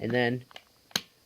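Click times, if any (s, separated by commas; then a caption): 1.0 s. Someone talks as the cover of a Dyson V6 stick vacuum's soft roller cleaner head is closed, front connected first and then the back pressed in. One loud, sharp snap lands at 0.96 s as the cover clicks shut. The cover is seated.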